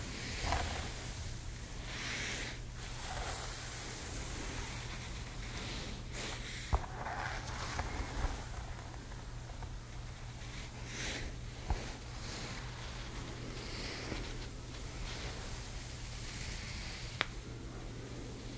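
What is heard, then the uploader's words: Hair styling, with a steady low hum running underneath throughout, likely from a dryer or appliance. Over it come soft, irregular brushing and rustling strokes, bright swishes every second or two, with a few sharp clicks near seven, twelve and seventeen seconds. Gentle Hair Styling.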